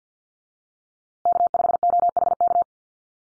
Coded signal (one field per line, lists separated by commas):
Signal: Morse code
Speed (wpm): 50 wpm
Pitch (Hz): 700 Hz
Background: none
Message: K5OHK